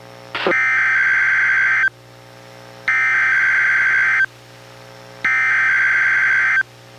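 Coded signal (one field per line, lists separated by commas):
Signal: Emergency Alert System (SAME) tones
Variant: header bursts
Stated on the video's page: NOAA Weather Radio required weekly test relayed by a weather radio station, recorded from a Reecom R-1630 weather radio via Zoom H1 recorder.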